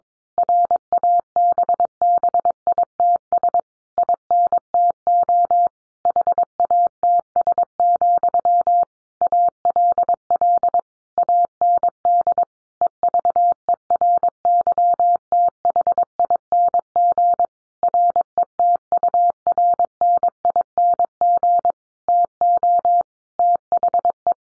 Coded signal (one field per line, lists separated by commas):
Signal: Morse code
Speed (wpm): 22 wpm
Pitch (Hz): 700 Hz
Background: none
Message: RABBITS INTO HATS, ALL AND EVERYTHING RETURNING TO THE